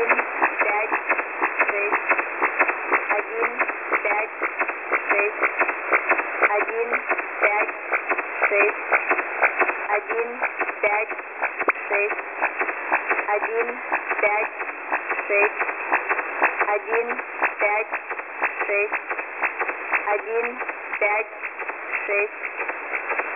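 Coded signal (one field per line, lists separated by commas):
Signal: numbers station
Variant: S06s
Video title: 2 nachrichten vom ukrainischen Agentensender S06s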